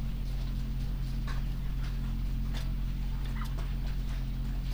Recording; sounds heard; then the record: poultry house recording; sick chickens (respiratory disease)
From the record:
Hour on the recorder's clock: 22